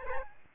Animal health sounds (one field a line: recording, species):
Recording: mosquito wingbeat signal from an infrared sensor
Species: Aedes albopictus